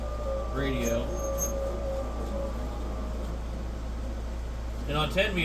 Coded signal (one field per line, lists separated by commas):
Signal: FT8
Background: speech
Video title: 10m ham radio ft8 working great